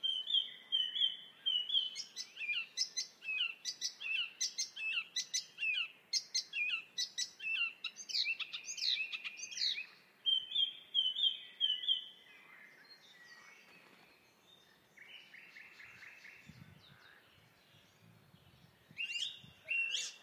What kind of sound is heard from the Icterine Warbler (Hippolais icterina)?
song